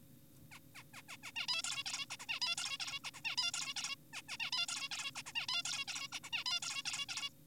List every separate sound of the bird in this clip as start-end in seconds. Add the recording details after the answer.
0.52-0.59, 0.75-0.83, 0.94-1.02, 1.09-1.17, 1.23-1.32, 1.36-1.46, 1.48-1.62, 1.64-1.84, 1.86-2.06, 2.10-2.17, 2.20-2.26, 2.28-2.39, 2.42-2.56, 2.58-2.78, 2.80-3.00, 3.04-3.11, 3.14-3.20, 3.25-3.36, 3.38-3.52, 3.54-3.74, 3.76-3.96, 4.13-4.22, 4.28-4.37, 4.40-4.50, 4.52-4.66, 4.68-4.88, 4.91-5.11, 5.16-5.22, 5.26-5.32, 5.36-5.47, 5.49-5.62, 5.65-5.85, 5.88-6.08, 6.12-6.20, 6.24-6.30, 6.33-6.44, 6.46-6.60, 6.63-6.82, 6.86-7.06, 7.09-7.29. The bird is an adult. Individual g4p5U